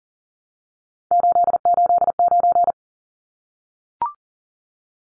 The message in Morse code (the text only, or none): 889